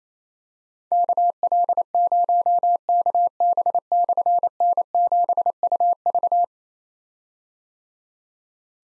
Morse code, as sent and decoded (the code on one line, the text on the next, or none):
-.- .-.. ----- -.- -... -..-. -. --... ..- ...-
KL0KB/N7UV